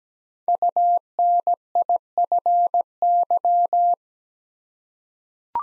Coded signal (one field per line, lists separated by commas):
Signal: Morse code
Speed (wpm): 17 wpm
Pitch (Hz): 700 Hz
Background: none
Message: UNIFY